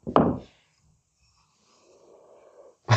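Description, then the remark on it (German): A single rough, low snore bursts out at the start, followed by a stretch of faint breathy rasping and another abrupt noisy burst at the very end. “Man hört nur einmal schnarchen.”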